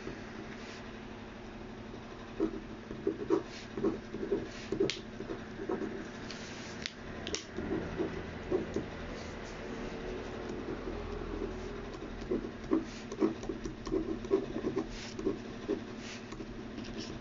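Someone transcribing text, making soft irregular taps and scratches in short bursts over a steady low hum, with a brief pause near seven seconds.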